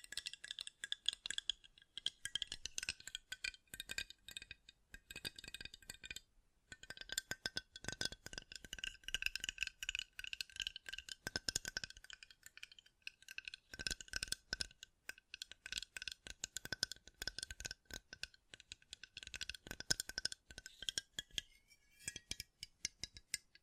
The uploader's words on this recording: ASMR Great Tapping Sounds for Sleep (No Talking).